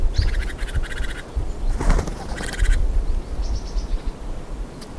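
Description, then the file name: Great tit scolding with rapid buzzy rattles, two main bursts and a fainter third, beneath strong low-pitched rumbling noise. "Parus major"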